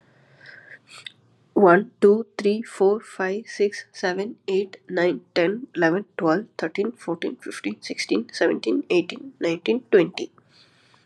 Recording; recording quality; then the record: counting at a fast pace; excellent, no background noise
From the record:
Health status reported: COVID-19 positive, mild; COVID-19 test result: positive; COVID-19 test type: RT-PCR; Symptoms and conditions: cough, cold, sore throat, fever, fatigue, muscle pain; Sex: female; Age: 29 years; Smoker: no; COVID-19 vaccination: both doses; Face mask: not worn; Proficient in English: yes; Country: India